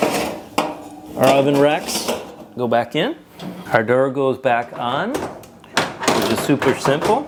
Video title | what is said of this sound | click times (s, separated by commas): Why Is My Whirlpool Gas Oven Not Heating Up? Igniter Replacement & 7 Other Reasons | pops into place on the back clips. | 0.6 s